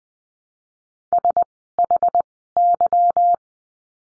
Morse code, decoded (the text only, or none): SHY